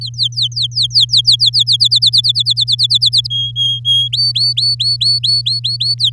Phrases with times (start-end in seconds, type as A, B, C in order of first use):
0.01-1.77 A, 1.80-3.28 B, 3.30-4.09 C, 4.12-5.95 D, 5.99-6.10 A